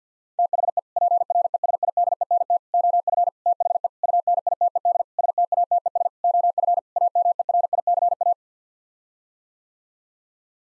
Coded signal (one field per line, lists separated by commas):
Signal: Morse code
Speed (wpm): 50 wpm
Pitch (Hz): 700 Hz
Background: none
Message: THE PRESIDENT OF THE UNITED STATES OF AMERICA